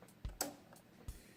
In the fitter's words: is you push it back into, you hear click.